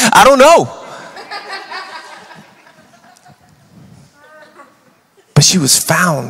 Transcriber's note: laughter